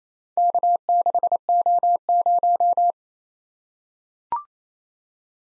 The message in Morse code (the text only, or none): K6O0